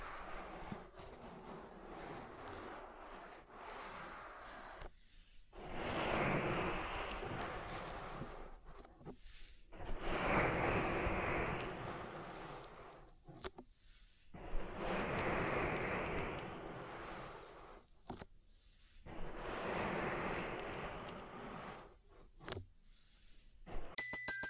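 Oil ear massage: slick, crackling rubbing comes in dense bursts a few seconds long, roughly every four seconds, separated by brief silent gaps.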